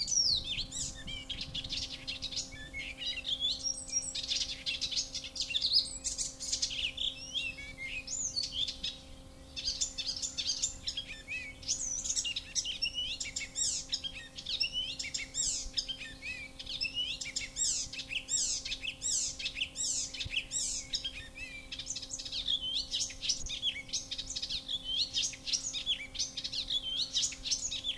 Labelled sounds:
Icterine Warbler song
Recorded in the wild
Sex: male
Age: adult
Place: Möhrendorf, Bayern, DE
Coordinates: 49.6372, 10.9831
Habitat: pond
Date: 1961-05-14
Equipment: Stellavox SM 4, Original, Vollspur
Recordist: Tretzel, Erwin

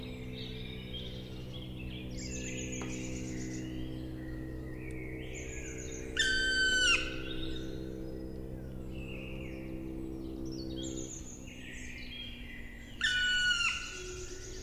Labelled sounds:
Black Woodpecker flight call
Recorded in the wild
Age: adult
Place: Bernau bei Berlin, Forst Bernau, Brandenburg, DE
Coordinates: 52.695, 13.5233
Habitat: wood
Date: 2007-04-07 19:24
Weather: heiter, 10°C, mäßiger Wind
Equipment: Sound Devices 702, Sennheiser MKH 70, Windkorb
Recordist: Frommolt, Karl-Heinz

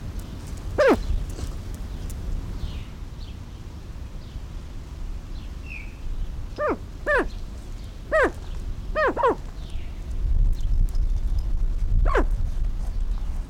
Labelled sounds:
Greater Prairie Chicken call
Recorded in captivity
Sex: male
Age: adult
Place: Tierpark Berlin, Berlin, DE
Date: 1994-06-18 11:34
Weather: bedeckt, 12-15°C, dann Regen
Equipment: Marantz CP 430, Sennheiser ME 80, Kopie Uher Variocord 263
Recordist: Tembrock, Günter
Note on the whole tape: Männchen am Gitter, Lautfolgen, Entfernung 50 cm

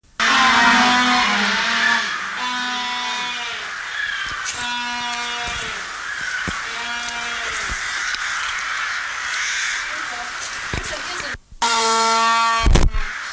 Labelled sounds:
Humboldt Penguin call
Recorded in captivity
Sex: diverse
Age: adult
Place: Tiergarten Schönbrunn, Wien, AT
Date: 1999-11-10 17:00
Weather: bedeckt, ca. 5°C
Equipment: Sony WM-D6C, Sennheiser ME 80, Kopie Uher 4000 Report Monitor
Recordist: Tembrock, Günter

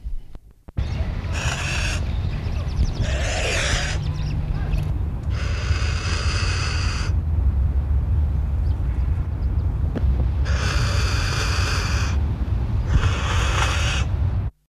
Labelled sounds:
Kagu call
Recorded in captivity
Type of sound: call
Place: Zoo Frankfurt, Rheinland-Pfalz, DE
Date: 1969-10-01
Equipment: Halbspur, 9,5 cm/s
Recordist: Lütgens, Hans
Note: Rufe

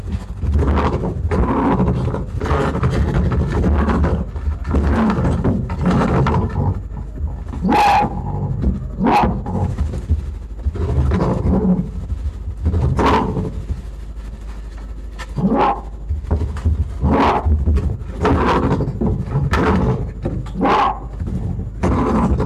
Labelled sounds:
Arctic Fox
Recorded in captivity
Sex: male
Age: adult
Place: Zoologisches Institut der HUB, Berlin, DE
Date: 1957-03-13 17:30
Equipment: Elmetra
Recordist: Tembrock, Günter
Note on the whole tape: Fuchsanlage: "Teddy" sitzt unter der Kiste, Herr Heydecke betritt die Anlage, "Teddy" geschlossenes Bellen; Heydecke versucht "Teddy" herauszutreiben - dabei Knurrbellen, beißt mit stoßendem Knurren ins Brett

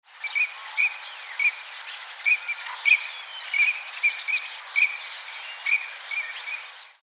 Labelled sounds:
Eurasian Teal
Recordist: Tembrock, Günter
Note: Balzpfiffe von zwei Erpeln

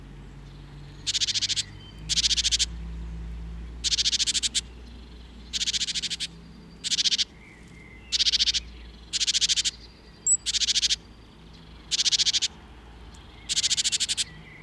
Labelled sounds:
Great Tit song
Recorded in the wild
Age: adult
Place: Kaiserslautern, Rheinland-Pfalz, DE
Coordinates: 49.4372, 7.80972
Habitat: garden
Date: 1975-05-03 15:30
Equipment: Nagra IV, Sennheiser MKH 405, Parabolreflektor
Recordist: Tretzel, Erwin

